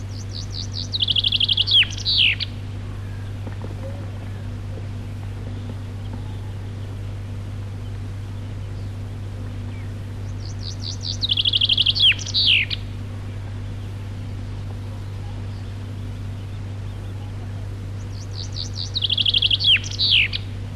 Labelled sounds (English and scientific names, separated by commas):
Common Chaffinch (Fringilla coelebs) song